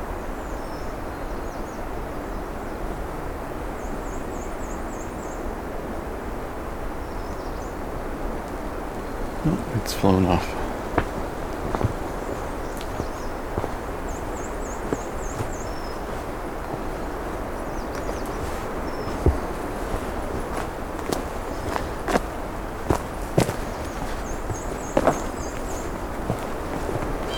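Outdoor ambience along a road allowance skirting national park land: a steady, dense rush fills the low and middle range throughout. Brief high, buzzy chirps repeat every few seconds, with a sharp knock near ten seconds and scattered clicks later on.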